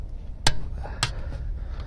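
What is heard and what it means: A click-type torque wrench set to 120 Nm is pulled to tighten a wheel bolt until it clicks. A sharp metallic click is heard at 0.5 s, with a second sharp click at about 1.0 s. The wrench clicks at its set torque, confirming the bolt is tightened to 120 Nm.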